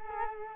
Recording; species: mosquito wingbeat signal from an infrared sensor; Culex quinquefasciatus